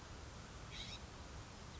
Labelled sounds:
California Scrub-Jay (Aphelocoma californica)
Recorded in Sonoma County, California

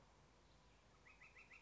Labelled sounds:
Northern Flicker (Colaptes auratus)
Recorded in Sonoma County, California

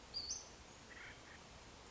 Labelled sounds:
Western Flycatcher (Empidonax difficilis)
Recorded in Sonoma County, California

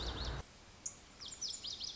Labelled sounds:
Lazuli Bunting (Passerina amoena)
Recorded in Sonoma County, California

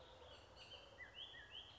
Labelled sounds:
Bullock's Oriole (Icterus bullockii)
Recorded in Sonoma County, California

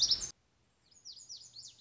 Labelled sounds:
Lazuli Bunting (Passerina amoena)
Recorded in Sonoma County, California

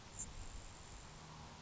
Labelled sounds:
Grasshopper Sparrow (Ammodramus savannarum)
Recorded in Sonoma County, California

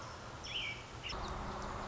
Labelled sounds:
American Robin (Turdus migratorius)
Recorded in Sonoma County, California

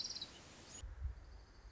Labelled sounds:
Orange-crowned Warbler (Leiothlypis celata)
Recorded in Sonoma County, California

